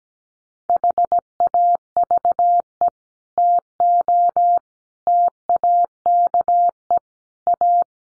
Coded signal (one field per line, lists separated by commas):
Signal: Morse code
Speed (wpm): 17 wpm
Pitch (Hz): 700 Hz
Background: none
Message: HAVE TO TAKE A